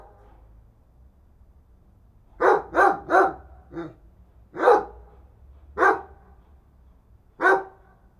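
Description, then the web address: Dog barking: a quick run of three loud barks, a softer short one, then three more single barks spaced out, over a faint low hum. "Effects 02-Birds, Insects Animals. Animals dogs"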